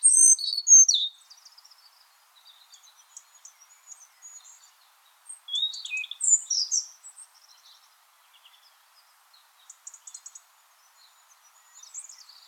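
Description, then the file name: European robin song in several phrases: high sweet twitters opening, softer thin notes, then another loud warbling burst around six seconds, fading to faint high trills. "Erithacus rubecula"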